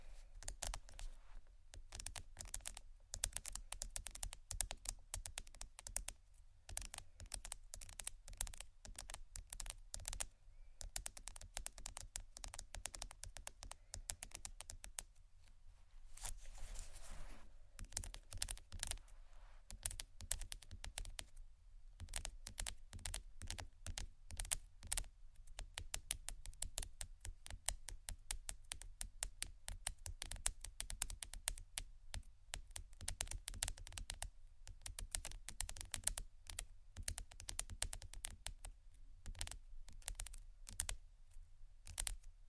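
Dense, continuous tapping and scratching on bags, rapid crisp clicks like typing over a low steady rumble, with brief pauses near 16 and 21 seconds.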